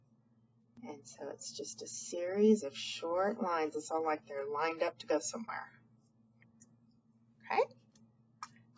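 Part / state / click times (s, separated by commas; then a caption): plastic cap onto felt-tip marker / seated / 8.4 s. Someone talks until about 5.8 s, then there are a few faint handling sounds as markers are changed. A plastic cap snaps onto a felt-tip marker with a sharp click at 8.4 s, and the cap is seated.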